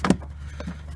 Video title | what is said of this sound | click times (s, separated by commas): Famous No Crank and No Start 😐 it's the RCM and not the battery nor the fuel pump | make sure to lock it by person pushing these tabs inside | 0.0 s